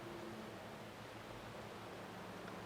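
A microSD memory card is pushed wrong way round into the card slot of a GoPro action camera and will not go in. Only steady broadband hiss with a faint low hum is heard, with no distinct sounds. Nothing has seated or clicked yet.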